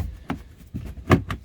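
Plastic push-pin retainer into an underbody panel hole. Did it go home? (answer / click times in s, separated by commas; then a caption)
yes / 1.1 s. A plastic push-pin retainer on a 2019 Kia Sorento is pushed up into its hole in an underbody panel, and its center head is pressed down to expand the prongs. Soft handling taps come at about 0.3 s and 0.75 s, then a sharp click at 1.1 s as the retainer seats, followed by a lighter tap near 1.3 s. The clip is confirmed seated and good.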